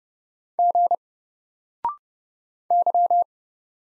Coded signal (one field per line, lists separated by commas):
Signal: Morse code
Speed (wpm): 30 wpm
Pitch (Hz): 700 Hz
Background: none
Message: G Y